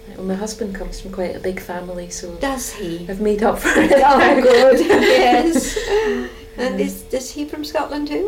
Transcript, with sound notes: My husband comes from quite a big family so--
Does he?
I've made up for it. [laughs]
Aw good! Yes. And is he from Scotland too?